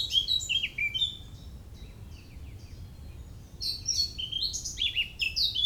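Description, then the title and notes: Birds singing in lively high twittering phrases at the start, a quieter stretch of faint notes, then another dense burst of chirps over low rumble. Early morning, 27 May 2018, Parc des Beaumonts, Montreuil, France; urban park in dense city area near Paris; recorded with MCE530 microphones, Dual Pre USB and H2. "Oiseaux des Beaumonts le 27 mai 2018. Parc des Beaumonts, 16 Avenue Jean Moulin, 93100 Montreuil, France. Tôt le matin dans le parc des Beaumonts à Montreuil (93), prise de son d'oiseaux"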